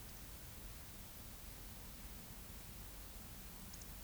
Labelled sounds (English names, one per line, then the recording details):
Eurasian Woodcock whistle
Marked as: whistle, whistle
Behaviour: display flight
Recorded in Baden-Württemberg, Germany, on 10 May 2021 at 19:43 UTC
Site 24606, 635 m above sea level